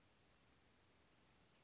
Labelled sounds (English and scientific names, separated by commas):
Western Flycatcher (Empidonax difficilis)